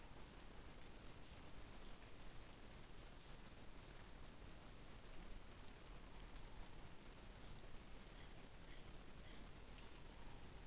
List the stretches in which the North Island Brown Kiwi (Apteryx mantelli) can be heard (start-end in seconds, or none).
none